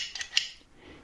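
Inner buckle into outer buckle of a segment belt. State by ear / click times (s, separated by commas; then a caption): seated / 0.4 s. A 3D-printed plastic inner buckle of a segment belt is slid into the outer buckle with its lock nose facing the locking hole and pushed in. There is a faint sliding scrape with a small tick at 0.2 seconds, then a sharp snap at 0.4 seconds as the inner buckle locks into place, followed by quiet.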